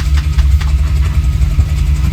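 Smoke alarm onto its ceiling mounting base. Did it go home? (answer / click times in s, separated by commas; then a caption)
no / none. A smoke alarm is handled and lined up with its plastic ceiling mounting base before being twisted on, since it has to be lined up exactly to click into place. A steady low engine-like rumble and hum runs throughout, with faint handling rustles. Nothing has seated or clicked yet.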